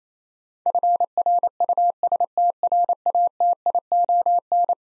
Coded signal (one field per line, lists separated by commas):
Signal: Morse code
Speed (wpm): 27 wpm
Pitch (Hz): 700 Hz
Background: none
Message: FRUSTRATION